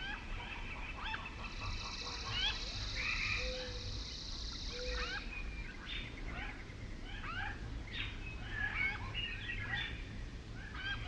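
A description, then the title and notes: Outdoor sound at Pipestone Canyon in Eastern Washington: many short bird chirps and calls overlap throughout. A high, steady buzzing trill runs from about 1.5 to 5 seconds, with a few low hooting notes beneath it, over a constant low rumble. This week’s episode of Sound Escapes takes us to Pipestone Canyon in Eastern Washington, where you can hear a ridgetop wind come from a mile away.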